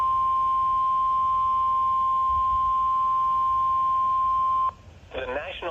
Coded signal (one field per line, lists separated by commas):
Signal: Emergency Alert System (SAME) tones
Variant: 1050 Hz attention tone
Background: speech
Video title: (EAS #478) Flash Flood Warning for Columbia and Dane, Wisconsin